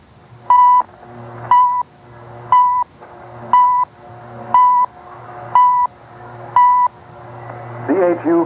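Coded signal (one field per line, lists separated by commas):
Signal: radio time signal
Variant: CHU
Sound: seven or eight short 1 kHz tone pulses, one each second, over a low hum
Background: radio hum and static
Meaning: Each beep marks one second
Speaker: CHU is located at Dominion Observatory, Ottawa, Canada, and broadcasts at 3.33, 7.335, and 14.67 MHz.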